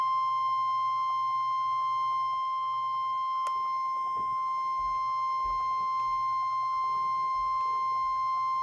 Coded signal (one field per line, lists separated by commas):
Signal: Emergency Alert System (SAME) tones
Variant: 1050 Hz attention tone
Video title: EAS Compilation: 4 T-Storm Watches/18 T-Storm Warnings | NOAA Weather Radio (4/12/2014)